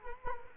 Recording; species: mosquito wingbeat signal from an infrared sensor; Culex quinquefasciatus